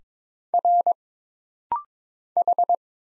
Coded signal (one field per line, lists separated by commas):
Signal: Morse code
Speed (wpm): 22 wpm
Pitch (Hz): 700 Hz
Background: none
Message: R H